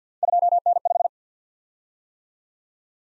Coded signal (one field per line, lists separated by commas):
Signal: Morse code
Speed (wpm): 53 wpm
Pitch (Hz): 700 Hz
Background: none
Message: 2N5